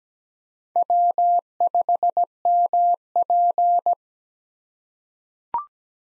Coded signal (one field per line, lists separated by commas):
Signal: Morse code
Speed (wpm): 17 wpm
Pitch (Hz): 700 Hz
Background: none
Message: W5MP